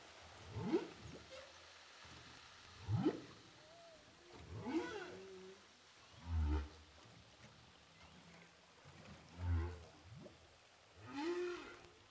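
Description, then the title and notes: Humpback whale song: a string of rising whoops and grunts about every two seconds, some with bright harmonic upper tones, alternating with deep low pulses in constant sea noise. Humpback whales recorded underwater with a DPA hydrophone offshore of Saint-Paul, Réunion Island. "Whales sound by hydrophophone DPA saint paul, ile de la reunion. Baleines à bosse enregistrées à l'hydrophone DPA au large de saint Paul de la réunion"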